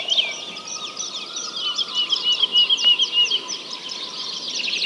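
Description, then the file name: Birds chorusing with busy overlapping high twitters and chirps, a short run of bright repeated notes in the middle, and a faint steady tone underneath. Many birds singing together. "Digiffects Sound Effects Library - Many Birds Singing"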